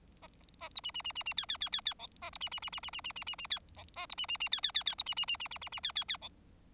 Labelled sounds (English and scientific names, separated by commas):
Bengalese Finch (Lonchura striata domestica) song